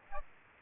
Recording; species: mosquito wingbeat signal from an infrared sensor; Aedes aegypti